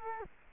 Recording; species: mosquito wingbeat signal from an infrared sensor; Culex quinquefasciatus